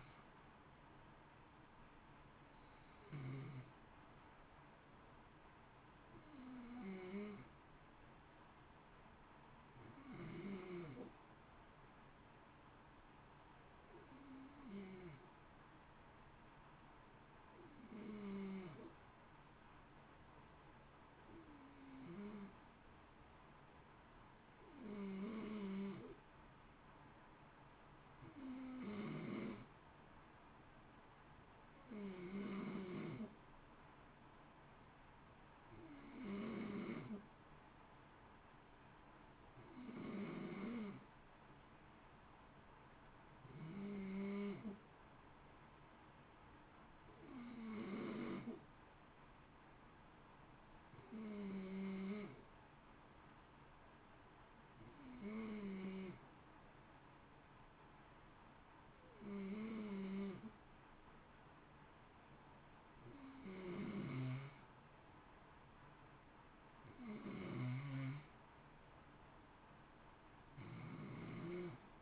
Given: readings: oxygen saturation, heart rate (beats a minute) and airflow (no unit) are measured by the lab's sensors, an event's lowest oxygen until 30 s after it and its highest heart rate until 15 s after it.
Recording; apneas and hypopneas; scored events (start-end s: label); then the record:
breathing in sleep by a voice recorder at the bedside; none
none scored
From the record:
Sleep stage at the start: N2 (light sleep); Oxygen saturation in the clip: 91 to 93%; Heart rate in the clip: 53 to 58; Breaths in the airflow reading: 18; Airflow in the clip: -0.8 to 0.8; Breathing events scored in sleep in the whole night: 328 in 6.3 hours asleep